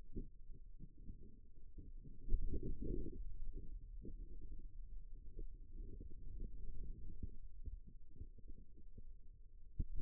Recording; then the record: forearm muscle sounds (acoustic myography)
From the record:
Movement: radial deviation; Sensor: system 2, bracelet of six BSWA MPA416 microphones around the upper forearm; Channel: 4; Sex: male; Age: 22 years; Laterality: right